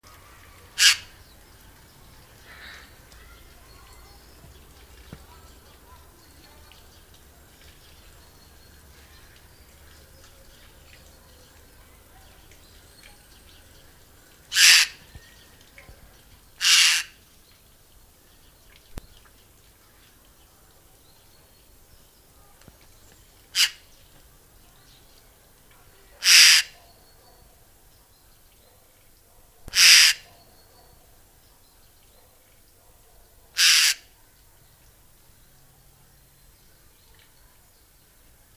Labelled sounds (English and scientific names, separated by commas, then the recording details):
White-throated Magpie-Jay (Calocitta formosa) call
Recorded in captivity
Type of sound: call
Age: adult
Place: Tiergarten Heidelberg, Baden-Württemberg, DE
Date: 2000-09-27 17:43
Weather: overcast, 16 - 17°C
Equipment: Nagra SN, Kopie Uher 4000 Report Monitor
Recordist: Tembrock, Günter
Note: Kurzlaute. Gute Aufnahmequalität